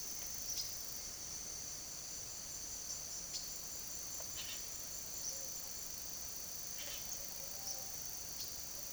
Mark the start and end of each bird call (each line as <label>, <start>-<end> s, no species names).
bird call, 0.00-1.69 s
bird call, 2.79-3.45 s
bird call, 4.25-4.62 s
bird call, 5.06-8.93 s